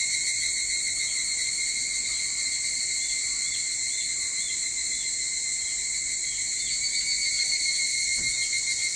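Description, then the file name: Evening cicadas drone on in an unbroken high buzz, constant in pitch, with a brief faint low sound near the close. Recorded 22 July 2023 at 04:40. "higurashi 230722 0440"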